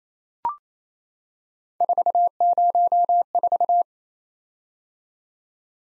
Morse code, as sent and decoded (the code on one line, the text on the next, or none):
....- ----- ....-
404